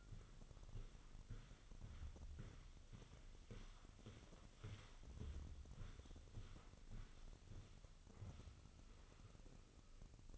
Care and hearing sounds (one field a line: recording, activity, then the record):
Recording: daily activity, microphone in the room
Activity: walk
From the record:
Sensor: 4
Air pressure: 1010.1 hPa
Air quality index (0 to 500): 171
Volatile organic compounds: 2 ppm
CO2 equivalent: 1237 ppm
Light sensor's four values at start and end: 52/128/54/59 and 51/127/53/58